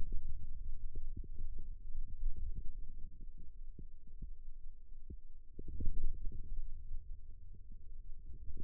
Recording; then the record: forearm muscle sounds (acoustic myography)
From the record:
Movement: ulnar deviation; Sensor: system 2, bracelet of six BSWA MPA416 microphones around the upper forearm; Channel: 2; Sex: male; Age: 22 years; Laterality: right